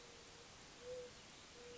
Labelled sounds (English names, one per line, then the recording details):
Mourning Dove
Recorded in Sonoma County, California